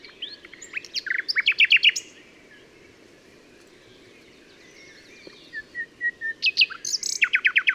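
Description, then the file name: Common nightingale singing a burst of quick rich notes, a long near-silent gap with faint whistles, then a rattling series of repeated notes. "Luscinia megarhynchos"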